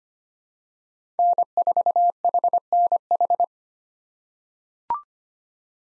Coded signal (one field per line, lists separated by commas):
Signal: Morse code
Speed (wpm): 25 wpm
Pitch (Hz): 700 Hz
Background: none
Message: N4HNH